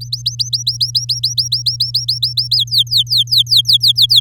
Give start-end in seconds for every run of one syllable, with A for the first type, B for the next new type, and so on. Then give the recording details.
0.01-2.56 A, 2.56-4.20 B. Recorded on 9 May 2018 at 11:58. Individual llb16